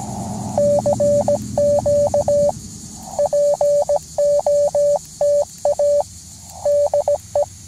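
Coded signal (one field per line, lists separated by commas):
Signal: Morse code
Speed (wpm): 17 wpm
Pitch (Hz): 580 Hz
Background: none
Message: CQ POTA DE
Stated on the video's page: QRP CW from a POTA park activation, with bad copying and rough sending.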